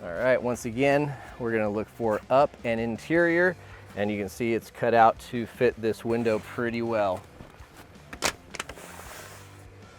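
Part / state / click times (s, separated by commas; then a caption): insulated window cover fasteners into van window frame / seated / 8.3 s, 8.6 s. Someone talks for about seven seconds while an insulated window cover, cut to fit, is pressed into a Ford Transit van's window opening. Then a quick run of sharp snaps follows, and the cover's fasteners snap and lock into the window frame at about 8.3 s and 8.6 s. The cover is seated in place.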